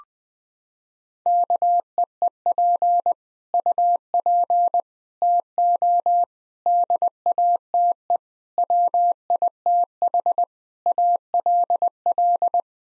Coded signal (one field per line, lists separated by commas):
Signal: Morse code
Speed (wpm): 20 wpm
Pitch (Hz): 700 Hz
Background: none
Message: KEEP UP TO DATE WITH ALL